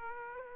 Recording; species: mosquito wingbeat signal from an infrared sensor; Aedes aegypti